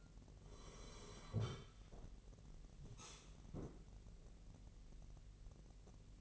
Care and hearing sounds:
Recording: daily activity, microphone in the room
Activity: sit down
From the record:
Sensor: 4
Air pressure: 1002.4 hPa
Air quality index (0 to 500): 249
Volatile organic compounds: 38 ppm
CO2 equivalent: 3120 ppm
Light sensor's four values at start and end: 11/25/10/10 and 11/25/10/10

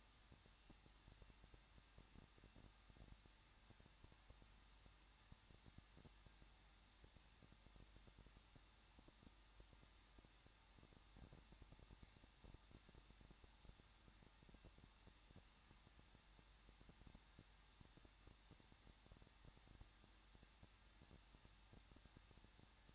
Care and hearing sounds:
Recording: daily activity, microphone in the room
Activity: no activity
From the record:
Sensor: 3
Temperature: 21.2 degrees Celsius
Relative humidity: 36.3%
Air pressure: 1006.3 hPa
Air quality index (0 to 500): 221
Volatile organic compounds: 41 ppm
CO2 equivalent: 3157 ppm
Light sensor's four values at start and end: 2/3/2/2 and 2/3/2/2

